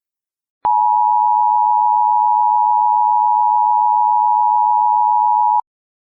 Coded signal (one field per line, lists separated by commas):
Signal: Emergency Alert System (SAME) tones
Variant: 853 and 960 Hz attention tone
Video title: EAS Scenario: The Engineer